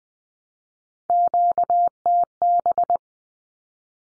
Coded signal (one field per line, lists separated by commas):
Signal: Morse code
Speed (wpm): 20 wpm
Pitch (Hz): 700 Hz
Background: none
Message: QTB